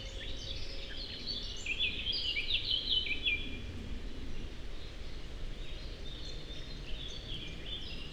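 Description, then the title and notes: Eurasian blackcap song: a bright, fluty warbled phrase of about two seconds with twisting, up-and-down notes, over a steady low hum. Several birds recorded in passing in the heart of the Forêt de Chautagne, on a wide drivable track near roads, Serrières-en-Chautagne, France; Dodotronic stereo parabola (EM172), Zoom H4n pro. "Forêt de Chautagne - Serrières-en-Chautagne, France - Fauvette à tete noire. j'enregistre "au vol" ces fauvettes à tete noire. Merci à Marc Namblard pour les identifications"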